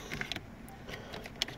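A tablet mount or trim piece is pinned up underneath the dashboard of a Nissan Leaf, with a few light plastic ticks and taps early on. A sharp, strong snap comes at 1.4 s, followed by a faint tick, as the piece clips into place and is seated.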